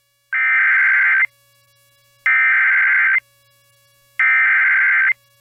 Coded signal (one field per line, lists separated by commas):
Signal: Emergency Alert System (SAME) tones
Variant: header bursts